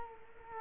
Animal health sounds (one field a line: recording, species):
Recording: mosquito wingbeat signal from an infrared sensor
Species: Culex quinquefasciatus